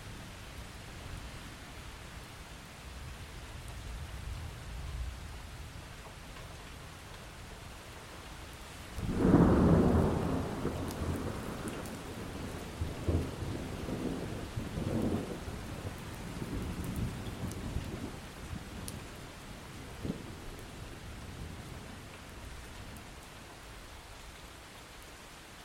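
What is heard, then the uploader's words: Thunder rolls in over steady rain, with a loud, deep crack and rumble around nine seconds that lingers for a few seconds. Softer low rumbles follow intermittently through the middle, fading back to the constant hiss of rainfall by the end. Thunderstorm Tranquility Deep Sleep with Calming Thunder Sounds.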